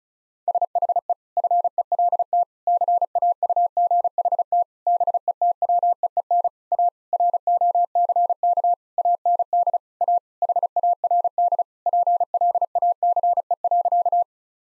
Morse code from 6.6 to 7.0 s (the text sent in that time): A